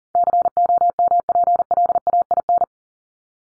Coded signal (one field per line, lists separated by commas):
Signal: Morse code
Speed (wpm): 40 wpm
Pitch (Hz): 700 Hz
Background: none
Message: COMPLAIN